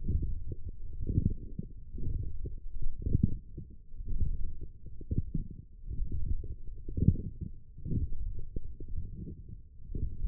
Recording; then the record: forearm muscle sounds (acoustic myography)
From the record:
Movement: forearm pronation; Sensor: system 1, eight BSWA MPA416 microphones around the upper forearm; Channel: 4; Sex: male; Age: 20 years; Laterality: left